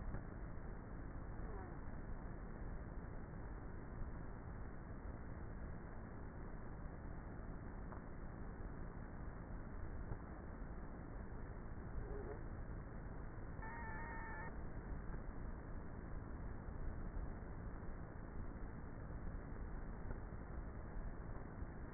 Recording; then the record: honeybee colony, microphone inside the hive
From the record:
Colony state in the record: queenless with a low population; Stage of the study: before two queens were removed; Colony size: about 30,000 bees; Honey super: no